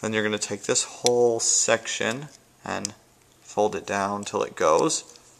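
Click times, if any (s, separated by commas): none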